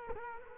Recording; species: mosquito wingbeat signal from an infrared sensor; Culex quinquefasciatus